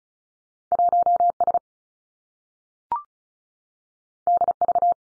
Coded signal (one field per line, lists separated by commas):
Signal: Morse code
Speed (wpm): 36 wpm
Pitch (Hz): 700 Hz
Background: none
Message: 1 S D V